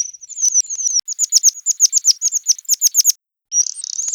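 Bird uttering a rapid series of sharp, high, downslurred chirps, many in quick succession, a short pause, then more thin twittering notes.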